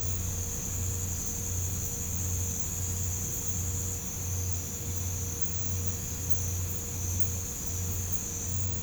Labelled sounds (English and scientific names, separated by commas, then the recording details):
none
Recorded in pastures near Puerto Asís, Putumayo, Colombia, on 20 December 2024 at 04:00
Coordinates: 0.505, -76.324
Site G063